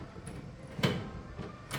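A key is worked in the lock on top of a newly built kitchen stand or cabinet door, with a faint tick near 0.3 s, a sharper knock around 0.8 s and a brief rustling burst near the end. The lock is still being handled and has not yet clicked or seated.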